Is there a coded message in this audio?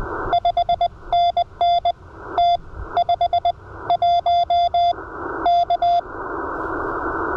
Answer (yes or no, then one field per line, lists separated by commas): yes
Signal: Morse code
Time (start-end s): 0.3-6.0 s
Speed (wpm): 20 wpm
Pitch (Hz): 700 Hz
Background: none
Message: 5NN T 5 1 K